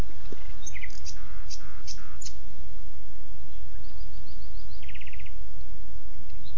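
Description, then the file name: Common nightingale giving a few loud chirped notes, a pause, then a soft run of notes and a short buzzy trill; low rumble underneath. "Luscinia megarhynchos"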